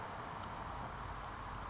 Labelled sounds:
California Towhee
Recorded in Sonoma County, California

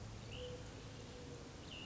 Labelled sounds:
Cassin's Vireo
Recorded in Sonoma County, California

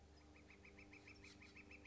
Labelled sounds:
Northern Flicker
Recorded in Sonoma County, California

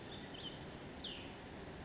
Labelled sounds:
Cassin's Vireo
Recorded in Sonoma County, California

